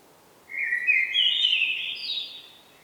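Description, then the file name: Common blackbird singing one mellow warbled phrase that climbs slightly and fades into a thinner, higher ending, with quiet background hiss. "Turdus merula"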